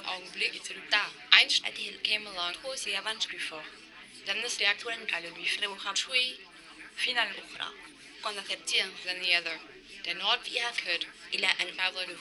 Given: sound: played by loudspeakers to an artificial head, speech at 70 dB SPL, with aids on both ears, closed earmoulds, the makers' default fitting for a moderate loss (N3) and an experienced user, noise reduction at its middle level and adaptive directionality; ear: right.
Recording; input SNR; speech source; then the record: speech test signal (ISTS) in cocktail-party noise; +3 dB; in front (0 degrees)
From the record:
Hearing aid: class 2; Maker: B